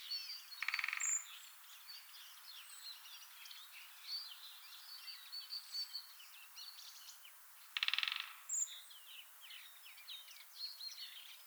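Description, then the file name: Eurasian jay with two short, harsh, noisy screeches seven seconds apart, set against a steady background of high twittering and chirping from other birds. "Garrulus glandarius"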